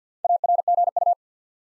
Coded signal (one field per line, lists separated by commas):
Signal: Morse code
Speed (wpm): 48 wpm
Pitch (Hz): 700 Hz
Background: none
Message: ARGU